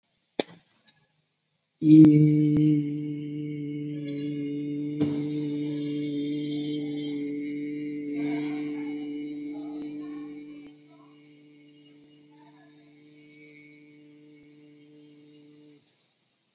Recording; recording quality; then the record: sustained vowel as in beet; excellent, no background noise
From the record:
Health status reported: COVID-19 positive, moderate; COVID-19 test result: positive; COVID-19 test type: RT-PCR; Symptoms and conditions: cough, fever, fatigue, muscle pain, loss of smell and taste, diabetes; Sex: male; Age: 39 years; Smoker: no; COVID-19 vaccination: both doses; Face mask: not worn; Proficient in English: no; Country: India